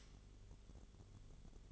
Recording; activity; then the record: daily activity, microphone in the room; light off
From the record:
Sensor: 4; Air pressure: 1008.7 hPa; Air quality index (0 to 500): 94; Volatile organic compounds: 1 ppm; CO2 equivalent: 705 ppm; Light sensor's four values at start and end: 13/31/12/12 and 13/29/12/11